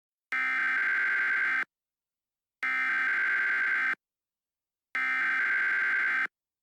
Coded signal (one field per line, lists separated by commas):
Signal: Emergency Alert System (SAME) tones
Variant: header bursts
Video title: EAS Scenario: Black Undeath